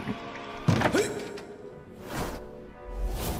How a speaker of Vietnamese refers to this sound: Vừa quay lưng bước, Toàn lại nghe tiếng lộc cộc, có tiếng gõ cửa từ phía sau cánh cửa của chính phòng Toàn vang lên.